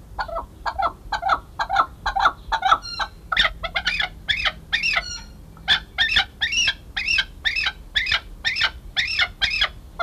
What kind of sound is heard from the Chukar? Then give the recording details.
call. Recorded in captivity. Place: Zoo Osnabrück, Niedersachsen, DE. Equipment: Halbspur, 9,5 cm/s. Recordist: Lütgens, Hans. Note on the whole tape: Rufe